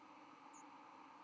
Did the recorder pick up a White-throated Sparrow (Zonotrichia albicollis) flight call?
no